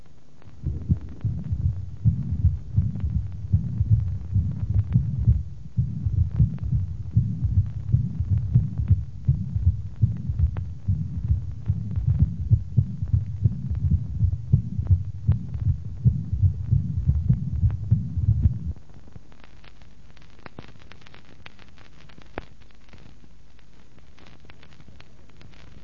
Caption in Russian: На верхушке при сочетании митрального стеноза и митральной недостаточности на фоне мерцательной аритмии.